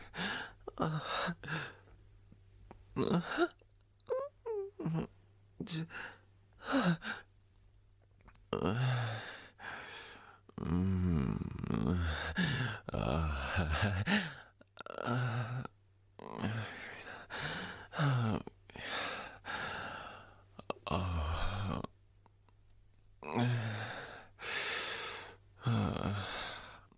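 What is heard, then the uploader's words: A man moans and whimpers in breathy bursts, some short and choppy, others drawn out into strained, wavering groans around the middle and near the end. Brief silences separate the sounds, and a faint low hum runs underneath throughout. Male moaning & whimpering asmr.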